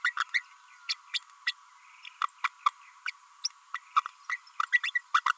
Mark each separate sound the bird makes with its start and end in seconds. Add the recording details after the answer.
0.04-0.13, 0.19-0.24, 0.34-0.43, 0.89-0.94, 1.13-1.20, 1.47-1.53, 2.43-2.48, 2.65-2.70, 3.05-3.10, 3.74-3.79, 4.29-4.38, 4.59-4.63, 4.72-4.80, 4.83-4.91, 4.95-4.98, 5.14-5.21, 5.26-5.33. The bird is a female. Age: 32 days. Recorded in a nest box in Venezuela. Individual 17B32A5